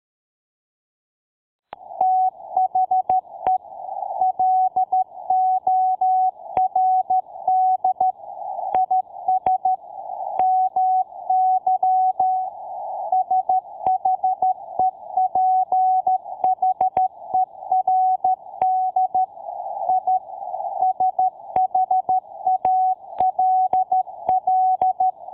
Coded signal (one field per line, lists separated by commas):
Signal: Morse code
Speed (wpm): 13 wpm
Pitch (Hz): 750 Hz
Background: none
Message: THE LORD IS MY SHEPHERD I SHALL